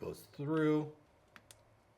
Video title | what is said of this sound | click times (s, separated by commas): ANSgear Overview - JT ProFlex QLS Goggle Frame | rotates down, and locks in place. So this lock in place, | 1.4 s, 1.5 s